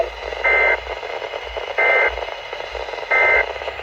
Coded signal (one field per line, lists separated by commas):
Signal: Emergency Alert System (SAME) tones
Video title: The Unusual (EAS 549-573)